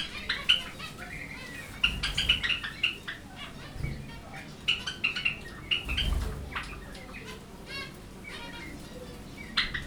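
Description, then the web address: Zebra finches giving nasal, trumpet-like beeping calls in quick bursts, with a few soft low thumps. Finches at Jászberény Zoo in 2015. "allathangok jaszberenyizoo 2015 professzionalis zebrapinty pintyek"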